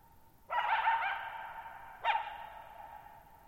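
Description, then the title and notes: Coyote yipping in a warbling burst followed by a short sharp bark, both trailing into a long reverberant fade. Lone coyote at night, July 14, 2019, near Thirtymile Meadows, Okanogan National Forest, Okanogan High Country, Pacific Northwest, 6400 ft (1950 m); high dry plateau, shallow bowl-shaped meadow with boggy ground. "Lone Coyote at Thirtymile Meadows. I spent the night of July 14, 2019, camped near Thirtymile Meadows in the Okanogan National Forest at 6400 ft (1950 m)"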